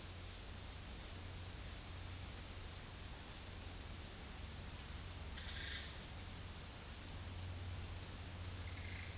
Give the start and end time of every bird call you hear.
[5.30, 5.89] bird call

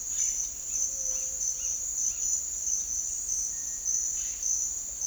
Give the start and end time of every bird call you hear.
[0.08, 2.35] bird call
[3.55, 4.55] bird call

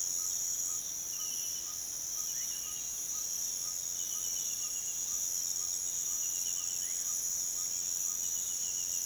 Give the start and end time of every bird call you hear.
[0.11, 8.26] bird call

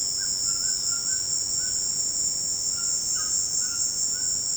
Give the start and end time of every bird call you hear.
[0.16, 1.86] bird call
[2.70, 4.41] bird call

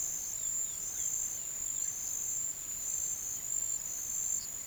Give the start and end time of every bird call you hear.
[0.00, 1.23] bird call

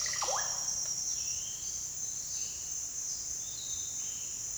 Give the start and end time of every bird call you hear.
[0.00, 0.54] bird call

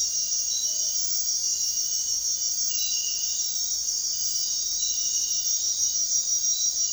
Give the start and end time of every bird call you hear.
[0.60, 0.99] bird call

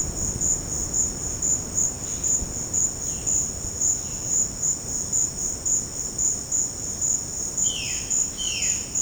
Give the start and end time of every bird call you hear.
[2.06, 4.38] bird call
[7.58, 8.79] bird call

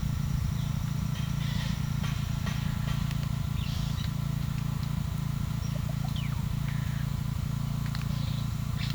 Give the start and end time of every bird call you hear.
[0.38, 0.84] bird call
[3.49, 4.09] bird call
[5.58, 6.42] bird call
[8.03, 8.95] bird call

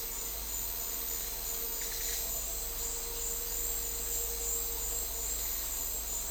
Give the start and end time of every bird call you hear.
[1.77, 2.23] bird call

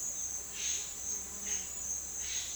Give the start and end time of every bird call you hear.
[0.49, 2.53] bird call

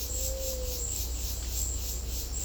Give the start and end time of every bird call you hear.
[0.05, 0.90] bird call

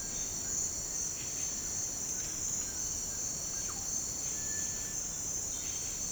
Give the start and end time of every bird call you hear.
[0.01, 0.65] bird call
[2.13, 3.88] bird call
[4.29, 4.98] bird call

